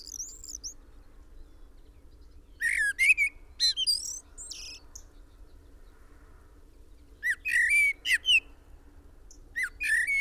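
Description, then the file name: Common blackbird song: fluted whistled phrases ending in high squeaky twitters, several phrases separated by pauses, with a steady low background hum. "Turdus merula"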